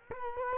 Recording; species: mosquito wingbeat signal from an infrared sensor; Culex quinquefasciatus